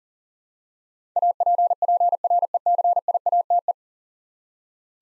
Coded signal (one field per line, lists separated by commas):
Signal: Morse code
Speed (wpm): 40 wpm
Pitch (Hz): 700 Hz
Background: none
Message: APPRECIATE